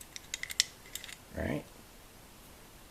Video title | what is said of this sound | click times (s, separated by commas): Ruger P95 Premium Review (HD) | although this is interesting because this kind of Clicks in the place like this let me show you | 0.6 s